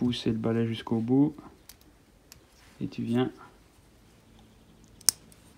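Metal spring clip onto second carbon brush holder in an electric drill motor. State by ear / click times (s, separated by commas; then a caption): seated / 5.1 s. Someone talks while the second carbon brush is pushed fully into its holder in an electric drill motor being repaired for sparking, and the metal spring clip is folded over it, with a few faint ticks along the way. The clip snaps sharply into place at 5.1 s, seating the brush.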